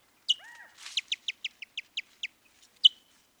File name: sound ecology white-tailed kite